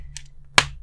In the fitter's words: and it snaps back into place